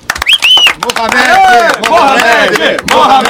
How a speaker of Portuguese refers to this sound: o … agradece ao público que aplaude efusivamente de pé